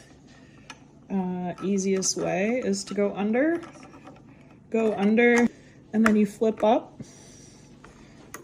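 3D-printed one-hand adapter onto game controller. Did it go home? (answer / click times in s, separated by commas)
yes / 8.3 s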